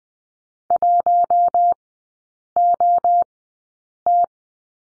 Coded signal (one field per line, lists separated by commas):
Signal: Morse code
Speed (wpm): 20 wpm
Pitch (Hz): 700 Hz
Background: none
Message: 1OT